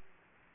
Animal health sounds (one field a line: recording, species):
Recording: mosquito wingbeat signal from an infrared sensor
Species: Aedes aegypti